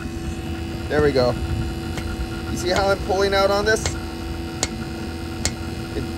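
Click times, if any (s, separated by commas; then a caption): 4.6 s, 5.5 s. A technician pulls back on an air conditioning refrigerant line spring-lock quick-connect coupling seated into its mating fitting while someone talks over a steady hum. Two sharp clicks at 4.6 s and 5.5 s mark the retainer hitting the shoulders, and the coupling is locked in.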